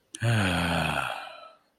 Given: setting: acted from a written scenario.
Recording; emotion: vocal sound without words; serenity